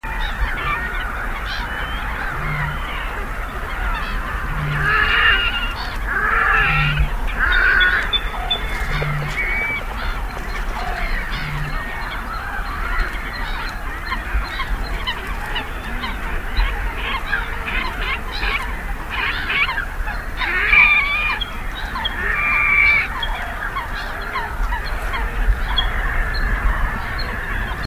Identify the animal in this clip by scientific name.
Podiceps grisegena